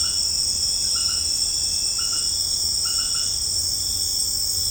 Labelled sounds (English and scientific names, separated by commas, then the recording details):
none
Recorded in pastures near Puerto Asís, Putumayo, Colombia, on 29 June 2025 at 18:30
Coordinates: 0.496, -76.326
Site GP01